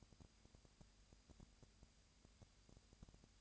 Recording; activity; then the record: daily activity, microphone in the room; no activity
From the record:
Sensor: 2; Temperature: 20.3 degrees Celsius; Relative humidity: 37.0%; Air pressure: 998.7 hPa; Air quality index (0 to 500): 236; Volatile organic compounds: 38 ppm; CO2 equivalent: 3116 ppm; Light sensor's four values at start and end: 2/3/2/2 and 2/3/2/2